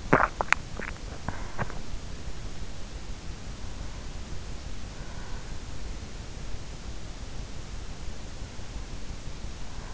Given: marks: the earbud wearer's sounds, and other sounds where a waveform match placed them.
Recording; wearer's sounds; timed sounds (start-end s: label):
sounds in sleep by an in-ear microphone; swallowing
0.00-2.02 s: swallowing